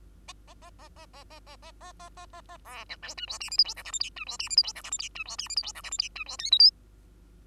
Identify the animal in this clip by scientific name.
Lonchura striata domestica